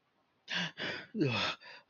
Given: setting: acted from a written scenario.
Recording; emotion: vocal sound without words; distress